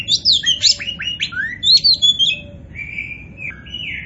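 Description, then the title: Oriental magpie-robin song, a rapid run of varied whistles, sweeping slurs and buzzy notes, high-pitched and continuous, with a low steady hum underneath. "Kacer Poci Gacor"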